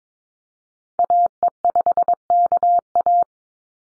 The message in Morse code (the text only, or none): AE5KA